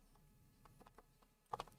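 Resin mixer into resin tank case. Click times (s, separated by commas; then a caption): 1.5 s. A resin mixer for a Formlabs Form 3+ is slid into the resin tank case until its arms engage, with a few faint ticks and scrapes before a brief, slightly louder double click at 1.5 s. It was barely a click, but the mixer is judged to be seated where it should sit.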